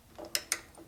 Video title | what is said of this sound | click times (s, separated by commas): 1972 Honda CT90 K4 Resurrection Christmas for the missus! Part 4 Finally Done and Riding! | There you go. See, now you can make it click. | 0.3 s, 0.5 s